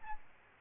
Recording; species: mosquito wingbeat signal from an infrared sensor; Aedes albopictus